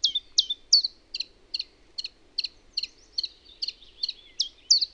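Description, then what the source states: Common chiffchaff song of bright, dropping chip notes mixed with a few thinner clicks, repeated about three per second, slightly uneven in loudness. Own recording made in Finland.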